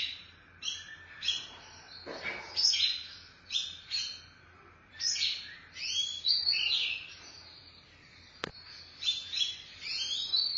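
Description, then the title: Oriental magpie-robin singing varied whistled and chattering phrases at an irregular pace, with a brief click late on. Chirping song (kicauan) of the bird. "Suara Kicauan Burung Kacer Durasi Panjang"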